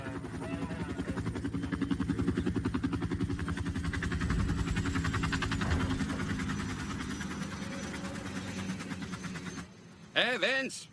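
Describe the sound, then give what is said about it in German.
Military helicopters and heavy military vehicles arrive at dawn as soldiers jump out, in a loud, steady engine rumble with fast rhythmic rotor thumping, before the noise dips and a short wavering, rising-and-falling tone cuts in at the end. “Die Sonne erleuchtet die Szenerie, während Soldaten aus den Helikoptern und Fahrzeugen springen, bereit, gegen die Untoten vorzugehen und die Überlebenden zu retten.”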